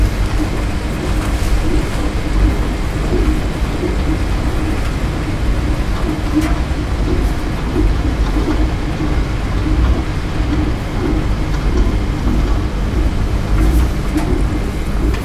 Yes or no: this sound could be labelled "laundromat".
yes